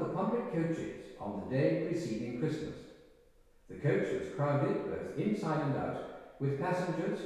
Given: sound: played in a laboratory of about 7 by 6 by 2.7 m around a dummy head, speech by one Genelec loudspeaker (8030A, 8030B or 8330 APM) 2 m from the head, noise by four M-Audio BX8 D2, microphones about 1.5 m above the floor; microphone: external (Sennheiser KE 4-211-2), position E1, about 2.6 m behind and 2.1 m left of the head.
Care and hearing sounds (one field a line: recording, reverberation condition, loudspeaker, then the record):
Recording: male speech in English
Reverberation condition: high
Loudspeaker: 150 degrees to the left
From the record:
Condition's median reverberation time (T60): about 1300 ms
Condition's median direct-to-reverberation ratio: about -4.0 dB